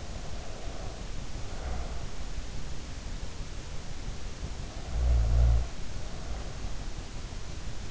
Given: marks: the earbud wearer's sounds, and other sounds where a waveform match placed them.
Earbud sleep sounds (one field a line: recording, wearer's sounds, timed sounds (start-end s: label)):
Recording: sounds in sleep by an in-ear microphone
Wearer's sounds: snoring breath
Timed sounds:
0.00-2.06 s: snoring breath
4.52-6.86 s: snoring breath